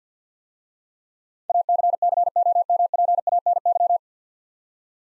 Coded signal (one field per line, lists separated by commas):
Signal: Morse code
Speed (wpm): 50 wpm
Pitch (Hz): 700 Hz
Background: none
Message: ACCOMPANY